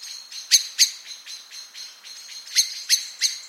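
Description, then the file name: Eurasian blackbird calls: hard ticking chinks, a few loud ones among softer notes, about three or four per second. "Turdus merula"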